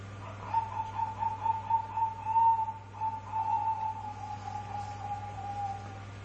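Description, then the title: Dove song as a long, steady stream of quick soft hoots, lasting about five seconds and drifting slightly lower in pitch, backed by a continuous low hum. "Canto Da Pomba"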